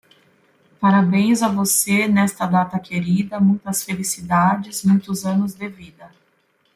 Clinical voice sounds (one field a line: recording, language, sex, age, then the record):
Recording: short text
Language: Brazilian Portuguese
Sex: female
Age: 40 to 49 years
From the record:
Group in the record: control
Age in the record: 46 years